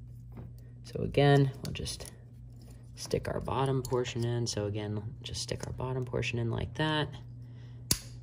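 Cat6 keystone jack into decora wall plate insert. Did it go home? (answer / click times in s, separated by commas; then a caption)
yes / 7.9 s. Someone talks while a Cat6 keystone jack is hooked bottom-first into a plastic 4-port decora wall plate insert. At 7.9 s a single sharp snap is heard as the jack seats in the insert.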